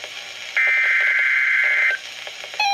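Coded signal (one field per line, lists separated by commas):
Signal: Emergency Alert System (SAME) tones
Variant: header bursts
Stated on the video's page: Special Marine Warning and Severe Thunderstorm Warning on NOAA Weather Radio, 162.400, 162.500 and 162.550 MHz, header sent twice.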